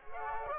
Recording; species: mosquito wingbeat signal from an infrared sensor; Culex quinquefasciatus